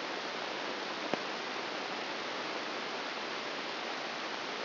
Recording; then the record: brain microelectrode recording played as sound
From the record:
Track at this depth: outside the subthalamic nucleus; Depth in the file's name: 6.898 mm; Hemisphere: left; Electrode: 2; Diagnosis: Parkinson's disease